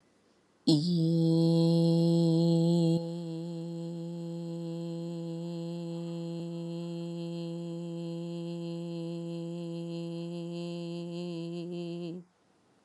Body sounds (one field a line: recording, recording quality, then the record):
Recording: sustained vowel as in beet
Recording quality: excellent, no background noise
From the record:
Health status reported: recovered from COVID-19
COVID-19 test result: positive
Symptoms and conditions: cold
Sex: female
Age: 42 years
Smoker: not ticked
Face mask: not worn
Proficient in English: yes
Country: India